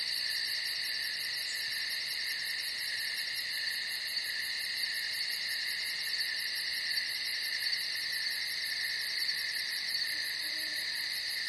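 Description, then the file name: Cricket chirping: a sustained, metallic high trill with a fast even pulse, unchanging for the whole stretch. "Strekotanie sverchka"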